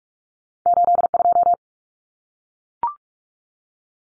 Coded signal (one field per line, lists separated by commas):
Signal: Morse code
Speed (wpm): 44 wpm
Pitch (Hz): 700 Hz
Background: none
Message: 82